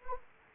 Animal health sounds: mosquito wingbeat signal from an infrared sensor; Anopheles arabiensis

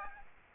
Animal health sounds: mosquito wingbeat signal from an infrared sensor; Aedes aegypti

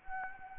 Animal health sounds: mosquito wingbeat signal from an infrared sensor; Anopheles gambiae

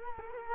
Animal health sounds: mosquito wingbeat signal from an infrared sensor; Culex quinquefasciatus

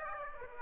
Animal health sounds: mosquito wingbeat signal from an infrared sensor; Aedes aegypti

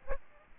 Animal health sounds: mosquito wingbeat signal from an infrared sensor; Aedes albopictus

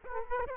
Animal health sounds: mosquito wingbeat signal from an infrared sensor; Aedes aegypti

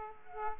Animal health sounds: mosquito wingbeat signal from an infrared sensor; Aedes aegypti

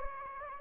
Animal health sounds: mosquito wingbeat signal from an infrared sensor; Anopheles gambiae

